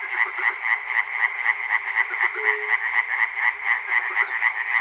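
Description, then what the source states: A frog chorus of quick, regular croaking pulses, about four a second, layered over a steady background of more frogs. Frogs recorded at Chernobyl by Peter Cusack.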